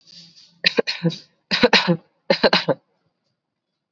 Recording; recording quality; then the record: shallow voluntary cough; excellent, no background noise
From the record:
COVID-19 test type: RT-PCR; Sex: male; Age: 19 years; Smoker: no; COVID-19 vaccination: both doses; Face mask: worn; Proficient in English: yes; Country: India